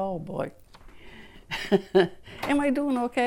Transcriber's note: she laughs